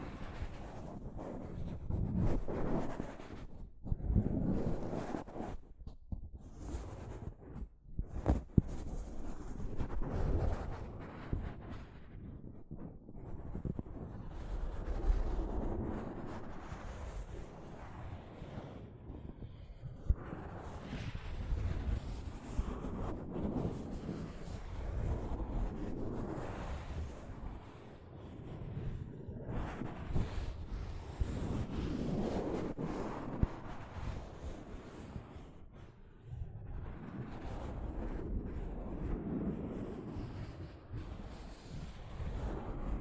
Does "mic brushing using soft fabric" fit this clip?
yes